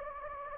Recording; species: mosquito wingbeat signal from an infrared sensor; Anopheles gambiae